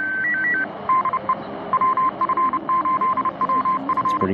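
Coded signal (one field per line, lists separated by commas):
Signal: Morse code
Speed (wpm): 30 wpm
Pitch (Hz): 1040 Hz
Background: none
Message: DE WF8WF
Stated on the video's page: Park operation with a uSDR transceiver, nano dipole on a bamboo pole, and battery pack.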